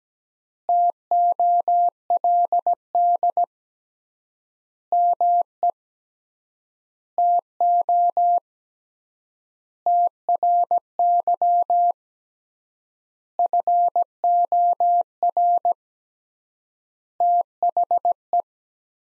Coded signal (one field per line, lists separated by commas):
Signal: Morse code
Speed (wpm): 17 wpm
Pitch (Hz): 700 Hz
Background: none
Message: TOLD ME TO TRY FOR THE